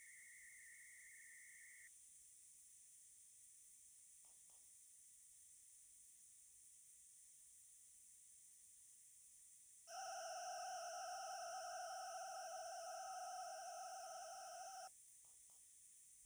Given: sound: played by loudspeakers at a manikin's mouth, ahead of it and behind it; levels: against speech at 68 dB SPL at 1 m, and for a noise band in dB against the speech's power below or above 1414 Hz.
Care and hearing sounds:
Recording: test signals for a remote microphone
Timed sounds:
0.00-1.87 s: noise band at 2000 Hz, -13 dB
9.87-14.87 s: four noise bands (707, 1414, 2828 and 5656 Hz), 50 dB SPL
From the record:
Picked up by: remote microphone D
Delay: 24 ms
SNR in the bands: 28 dB at 1414 Hz, 17 dB at 2828 Hz, 21 dB at 5656 Hz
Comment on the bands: gain adaptation more progressive through entire signal

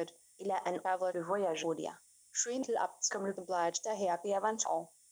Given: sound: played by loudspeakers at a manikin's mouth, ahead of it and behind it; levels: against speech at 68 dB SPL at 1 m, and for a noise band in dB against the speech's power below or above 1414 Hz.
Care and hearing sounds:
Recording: test signals for a remote microphone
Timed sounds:
0.00-5.12 s: speech test signal (ISTS)
From the record:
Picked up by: remote microphone B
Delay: 24 ms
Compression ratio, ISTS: 1.85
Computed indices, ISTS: SII 0.995, HASPI 0.987, HASQI 0.342 (non-linear 0.414, linear 0.827), ESTOI 0.825

